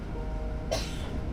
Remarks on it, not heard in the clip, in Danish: Og nu sidder jeg i bus 5A lige over for hende. Det er hende, du kan høre hoste her. Jeg har en skjult mikrofon tapet fast på brystet under trøjen.